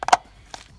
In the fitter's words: you press it down until you hear a click and that's it ready to go in now